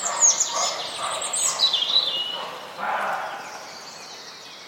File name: roe deers and birds sinigng at dawn